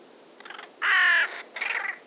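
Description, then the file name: Carrion crow giving one strong, harsh caw, preceded and followed by quieter, rougher caw notes. "Corvus corone"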